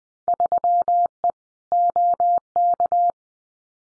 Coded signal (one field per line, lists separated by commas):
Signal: Morse code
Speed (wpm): 20 wpm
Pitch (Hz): 700 Hz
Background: none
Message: 3E OK